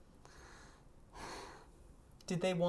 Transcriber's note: she sighs